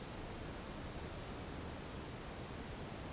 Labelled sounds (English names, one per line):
none